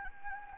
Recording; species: mosquito wingbeat signal from an infrared sensor; Anopheles gambiae